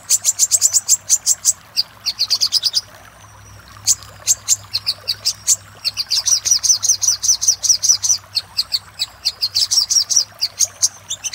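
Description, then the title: Little spiderhunter song: long runs of high, piercing chips and trills, broken by short pauses, very bright and rapid. Master recording used for training cage birds, labelled 'Labaik'. "Masteran Burung Sogok Ontong Labaik"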